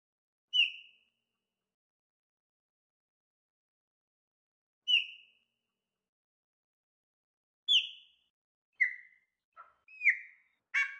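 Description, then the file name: Chopi blackbird song: clear, short whistled notes, widely spaced at first, then coming faster with varied chirps near the end. "Passaro preto"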